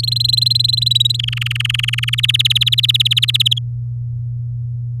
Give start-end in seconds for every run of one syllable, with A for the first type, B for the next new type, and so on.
0.00-1.17 A, 1.19-2.15 B, 2.18-3.58 C